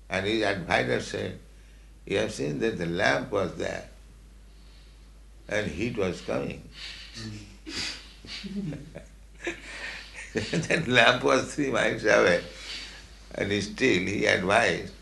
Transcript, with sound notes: And his advisor said, "You have seen that the lamp was there, and heat was coming." [laughing] [chuckles] That lamp was three miles away, and still, he advised,